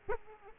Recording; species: mosquito wingbeat signal from an infrared sensor; Aedes aegypti